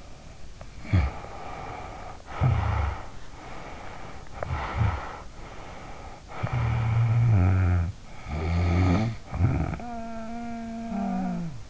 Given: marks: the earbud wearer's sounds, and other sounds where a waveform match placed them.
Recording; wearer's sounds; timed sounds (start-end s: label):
sounds in sleep by an in-ear microphone; snoring breath
0.00-3.16 s: snoring breath
3.38-5.31 s: snoring breath
5.40-8.05 s: snoring breath
8.17-11.70 s: snoring breath